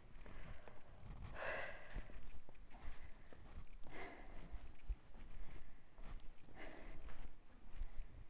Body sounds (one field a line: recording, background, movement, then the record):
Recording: deep breathing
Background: quiet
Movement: walking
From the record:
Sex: female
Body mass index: 22.6 kg/m2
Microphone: on the chest, facing outward